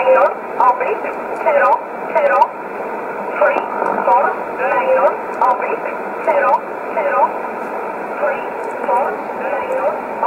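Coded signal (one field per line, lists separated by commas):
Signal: numbers station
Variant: E11 Oblique, English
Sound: short, evenly spaced spoken words through narrow, hissy shortwave audio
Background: radio static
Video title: 20 05 2020 E11 Oblique Numbers station in English 0746 on 15720 unknown tx site in USB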